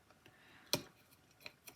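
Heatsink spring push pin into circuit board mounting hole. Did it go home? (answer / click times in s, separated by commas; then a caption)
no / none. The second spring-loaded plastic push pin of a heatsink is handled over its mounting hole in a circuit board, giving a sharp tick near 0.7 s and two fainter ticks near 1.5 s and 1.7 s against a quiet background. The clip ends before the pin is pressed home, so nothing has seated or clicked yet.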